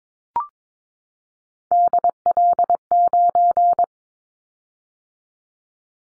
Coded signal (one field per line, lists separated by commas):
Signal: Morse code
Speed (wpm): 22 wpm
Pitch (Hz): 700 Hz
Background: none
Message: DL9